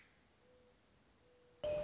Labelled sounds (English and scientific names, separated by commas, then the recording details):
Mourning Dove (Zenaida macroura)
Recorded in Sonoma County, California